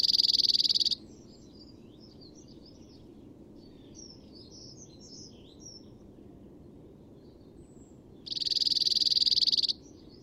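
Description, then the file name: Cirl Bunting singing two dry, flat trills about seven seconds apart, the first cut off at the start, with thin chirps and twitters in the gap. "hacksparv"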